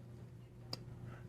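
A polished DLC Kizer Hawk folding knife with an M390 blade is flicked open, and its steel inset liner lock snaps in behind the blade tang with a single short, quiet click at 0.7 s against a low steady hum. The lock is seated, engaging about halfway with no pivot play.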